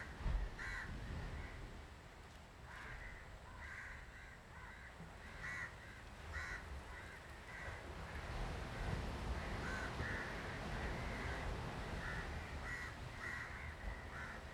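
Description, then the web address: Crows cawing repeatedly, harsh notes in irregular bursts, with a steady background of street and traffic rumble. Street recordings in South India, 2018. "travelogue 2018 South India street recordings crows"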